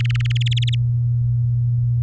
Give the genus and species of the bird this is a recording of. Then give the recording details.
Serinus canaria. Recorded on 8 May 2018 at 19:48. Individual llb16